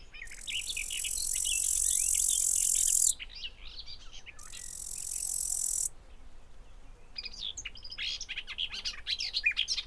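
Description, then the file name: Bush cricket song: two long hissing buzzes, each swelling in loudness and then cutting off abruptly, over steady chirping of small birds. Recorded in a garden at Buchhorst on 23 July 2016. "160723 BIO ugbushcrick 1-S gardenw-1-S d st sw-buchhorst"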